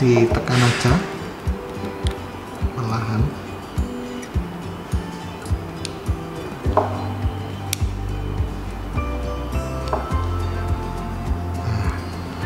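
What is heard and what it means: A swap hand is being handled next to the wrist peg of a plastic action figure while music plays and someone talks, with several brief ticks and clinks along the way. The clip ends before the hand goes onto the wrist, so nothing has seated or clicked yet.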